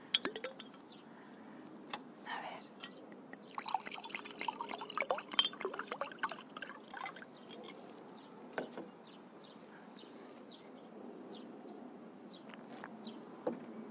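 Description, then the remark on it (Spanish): A person pours themselves a little water into a glass: glass clinks and the trickle of water being poured, with short sharp taps and a burst of liquid splashing in the middle, then scattered faint clicks and drips. “Voy a coger un poquito de agua.”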